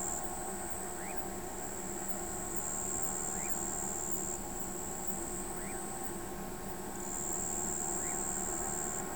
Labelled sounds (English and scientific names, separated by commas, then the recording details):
none
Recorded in pastures near Pivijay, Magdalena, Colombia, on 16 April 2023 at 01:00
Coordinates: 10.456, -74.369
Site P6-G026